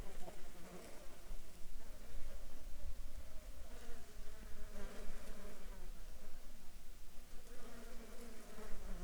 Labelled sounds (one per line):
insects